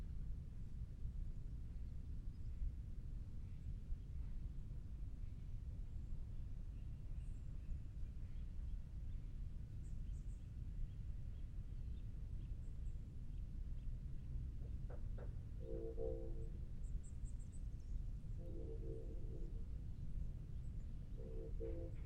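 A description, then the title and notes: Park ambience with a steady, dense low rumble like wind or traffic throughout. Faint high chirps appear now and then, and from about fifteen seconds a short, mid-pitched droning call repeats three times, a few seconds apart, with light clicks. Tilden Regional Park - Orinda, CA. Zoom H6. Magnetic Microphone Mounts.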